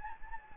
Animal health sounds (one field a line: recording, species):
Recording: mosquito wingbeat signal from an infrared sensor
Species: Anopheles gambiae